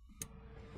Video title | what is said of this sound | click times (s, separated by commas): Flowmaster Delta Force Cold Air Intake for 2007-2011 Jeep Wrangler | okay the last part we're gonna go ahead and reconnect the sensor here and she hear it snap in and | 0.2 s